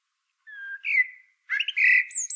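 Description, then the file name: Common blackbird giving a mellow whistled phrase that slides upward, then a richer warble with a thin, high squeaky ending. "Turdus merula"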